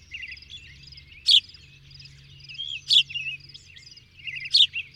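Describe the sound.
Birdsong with trilled, warbling phrases and a loud sharp chip recurring roughly every one and a half seconds, a low hum underneath.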